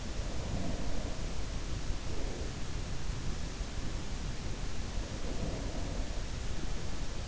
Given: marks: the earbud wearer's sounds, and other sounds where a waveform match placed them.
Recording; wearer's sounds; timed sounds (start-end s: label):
sounds in sleep by an in-ear microphone; breath
0.00-3.66 s: breath
4.83-6.76 s: breath